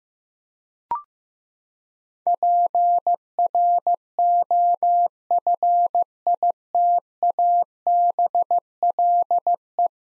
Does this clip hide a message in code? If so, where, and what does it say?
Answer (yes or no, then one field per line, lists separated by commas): yes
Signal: Morse code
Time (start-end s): 2.3-9.9 s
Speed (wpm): 15 wpm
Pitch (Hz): 700 Hz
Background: none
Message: PROFITABLE